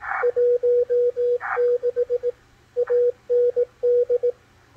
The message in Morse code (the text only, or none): 16 AND